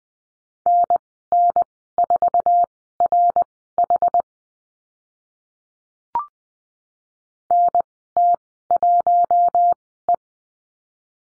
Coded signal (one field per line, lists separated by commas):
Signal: Morse code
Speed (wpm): 20 wpm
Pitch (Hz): 700 Hz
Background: none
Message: NN4RH NT1E